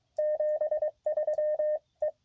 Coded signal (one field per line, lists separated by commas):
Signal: Morse code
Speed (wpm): 23 wpm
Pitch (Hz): 620 Hz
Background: radio noise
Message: 73E